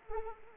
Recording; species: mosquito wingbeat signal from an infrared sensor; Anopheles arabiensis